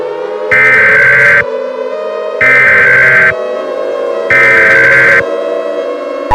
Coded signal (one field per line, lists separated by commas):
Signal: Emergency Alert System (SAME) tones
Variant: header bursts